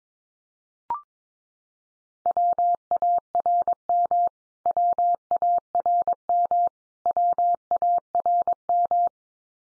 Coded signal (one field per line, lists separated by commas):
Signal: Morse code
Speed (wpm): 22 wpm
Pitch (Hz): 700 Hz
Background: none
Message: WARM WARM WARM